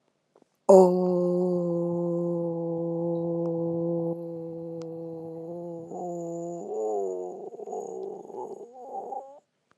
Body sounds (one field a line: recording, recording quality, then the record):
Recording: sustained vowel as in boot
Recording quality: excellent, no background noise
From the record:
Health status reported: healthy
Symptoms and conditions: hypertension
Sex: female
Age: 55 years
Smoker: not ticked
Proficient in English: yes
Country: United States